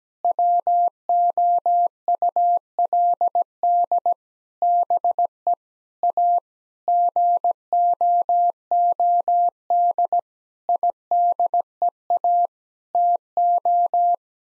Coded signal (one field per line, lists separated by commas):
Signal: Morse code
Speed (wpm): 17 wpm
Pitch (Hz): 700 Hz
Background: none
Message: WOULD BE A GOOD IDEA TO